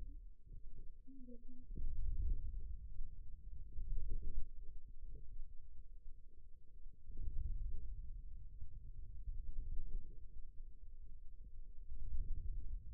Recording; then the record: forearm muscle sounds (acoustic myography)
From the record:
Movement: wrist extension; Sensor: system 2, bracelet of six BSWA MPA416 microphones around the upper forearm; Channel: 3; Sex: male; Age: 22 years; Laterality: right